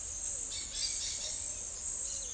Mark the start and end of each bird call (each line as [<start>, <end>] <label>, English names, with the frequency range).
[0.46, 1.37] Dusky-headed Parakeet (0.3-7.1 kHz)